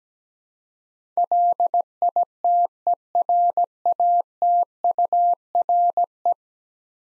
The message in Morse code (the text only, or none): LITERATURE